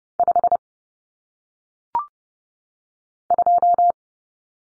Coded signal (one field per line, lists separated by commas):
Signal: Morse code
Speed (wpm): 30 wpm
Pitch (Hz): 700 Hz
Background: none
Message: 5 2